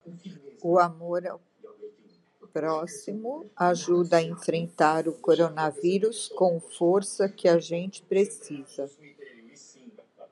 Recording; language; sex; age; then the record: spoken sentence; Brazilian Portuguese; female; 50 to 59 years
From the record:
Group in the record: control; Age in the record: 59 years